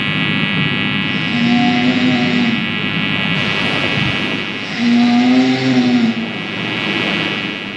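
Two low, rattling snores a few seconds apart over steady hiss, from a man asleep in a ski lodge, picked up by a phone microphone pointed directly at him from the end of the bed.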